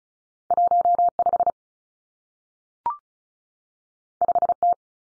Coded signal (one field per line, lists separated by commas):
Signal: Morse code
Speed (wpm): 36 wpm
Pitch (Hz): 700 Hz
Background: none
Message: 1 5 5 T